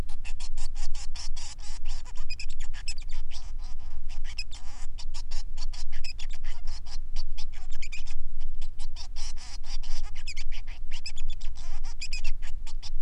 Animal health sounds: song of a male Bengalese finch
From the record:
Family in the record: son of father 3

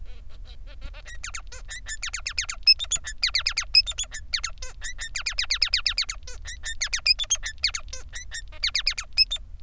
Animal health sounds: song of a male Bengalese finch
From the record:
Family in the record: son of father 3

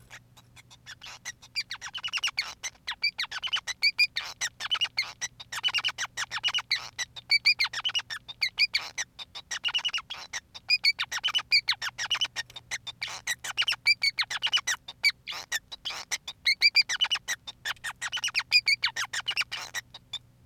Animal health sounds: song of a male Bengalese finch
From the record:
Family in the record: son of father 5

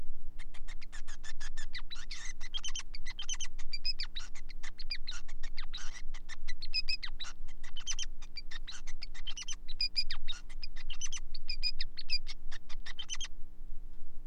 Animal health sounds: song of a male Bengalese finch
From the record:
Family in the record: son of father 5

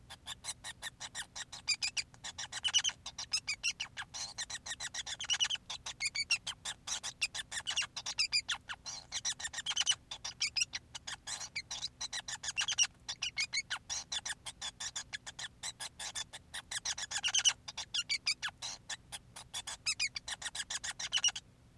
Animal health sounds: song of a male Bengalese finch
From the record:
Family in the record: son of father 5

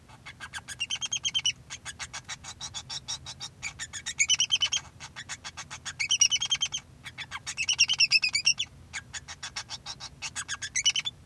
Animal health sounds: song of a male Bengalese finch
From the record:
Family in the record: son of father 2

